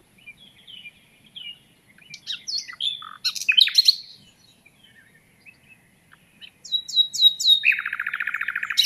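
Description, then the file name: Common nightingale song of soft whistles and sharp chirps, building to rapid repeated notes and a fast churring trill at the end. "Luscinia megarhynchos"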